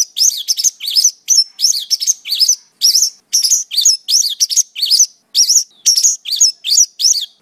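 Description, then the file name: Pakling: songbird song of fast, high arched whistled notes in a rapid series, each note sliding up and then down. Song-tutor (kicau master) recording of the pakling for training cage birds. "kicau master pakling omkicau"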